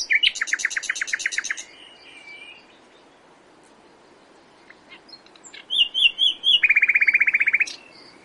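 Common nightingale singing a rapid throbbing trill, a long silent gap, soft notes, then high whistled slurs and a dense buzzy rattle on one pitch.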